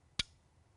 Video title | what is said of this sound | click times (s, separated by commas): Arredondo Mag Extension | snapped into place so you hear it unsnap | 0.2 s